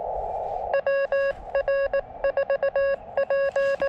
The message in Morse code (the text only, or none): WR4P